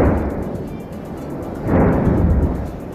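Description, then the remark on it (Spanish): A deep, continuous roar of the Cumbre Vieja volcano on an island in the Canary Islands in 2021, in its explosive phase and releasing much ash, with heavy low rumbling that suddenly swells louder partway through, like a booming blast rolling into sustained thunder-like noise. No voices. “del volcán Cumbre Vieja ha entrado hace unos minutos en una nueva fase, se llama fase explosiva, pero a priori no quiere decir que sea más peligroso que hasta ahora, que ya está siendo mucho, pero sí se están escuchando estas explosiones en la isla.”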